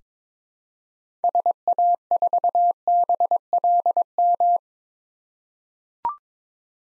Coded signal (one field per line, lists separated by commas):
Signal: Morse code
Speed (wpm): 22 wpm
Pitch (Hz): 700 Hz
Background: none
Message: SA4BLM